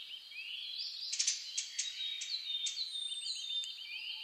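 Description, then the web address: Bird song: soft high trills of quick looping notes, thin sustained whistles and a few sharp ticks from several birds at once. Dawn chorus (reimei) of birdsong (saezuri), recorded 10 May 2010 at 04:01. "reimei -saezuri-20100510-0401"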